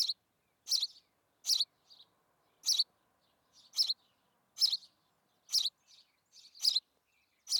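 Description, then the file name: House sparrow repeating bright chirps about every second, interspersed with softer, quieter notes. "Passer domesticus"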